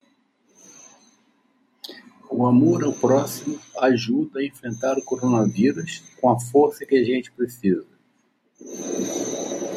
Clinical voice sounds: spoken sentence; Brazilian Portuguese; male; 60 to 69 years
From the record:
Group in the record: control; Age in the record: 66 years

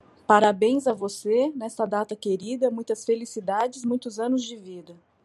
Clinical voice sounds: short text; Brazilian Portuguese; female; 40 to 49 years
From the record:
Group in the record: control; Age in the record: 40 years

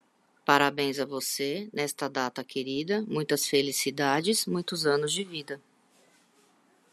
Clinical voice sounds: short text; Brazilian Portuguese; female; 40 to 49 years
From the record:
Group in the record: control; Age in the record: 46 years

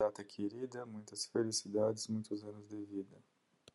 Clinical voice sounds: short text; Brazilian Portuguese; male; 40 to 49 years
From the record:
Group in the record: control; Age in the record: 41 years

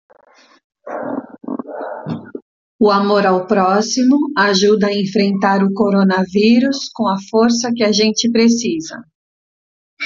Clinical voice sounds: spoken sentence; Brazilian Portuguese; female; 40 to 49 years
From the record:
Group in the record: control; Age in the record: 47 years

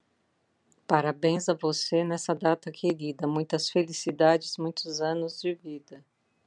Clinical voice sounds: short text; Brazilian Portuguese; female; 60 to 69 years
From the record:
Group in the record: control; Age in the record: 62 years

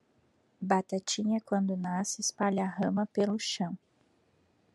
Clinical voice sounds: short text; Brazilian Portuguese; female; 30 to 39 years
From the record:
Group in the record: control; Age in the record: 37 years

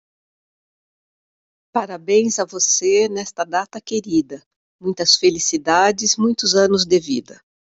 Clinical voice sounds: short text; Brazilian Portuguese; female; 50 to 59 years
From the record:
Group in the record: control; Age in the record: 59 years

